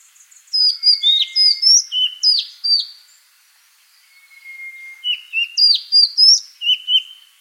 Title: suara burung kacer madagaskar